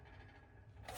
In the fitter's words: んとはまってないけど、まあ本来はちょっともう少しちゃんとはまるように。